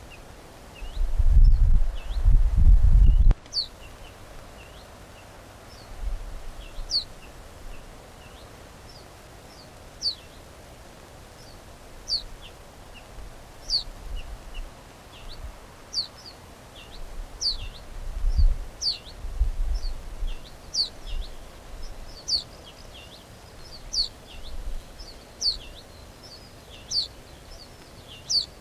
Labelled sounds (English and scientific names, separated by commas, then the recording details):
Ortolan Bunting (Emberiza hortulana) begging call
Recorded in the wild
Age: juvenile
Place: Schloß Holte-Stukenbrock, Senne, Nordrhein-Westfalen, DE
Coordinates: 51.8667, 8.65861
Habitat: edge of the woods
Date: 1966-05-28
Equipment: Uher 4000 Report-S, Bändchenmikro Beyer M 260, Parabolspiegel Polyester (470 mm)
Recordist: Conrads, Klaus
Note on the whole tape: Waldrand südlich Hof Brock (Furlbach-Gebiet). Band Co 8A: Jungvogel: Bettelrufe nach Auslaufen